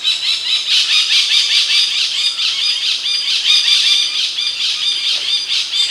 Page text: Layards Parakeet Calls. Quick Sounds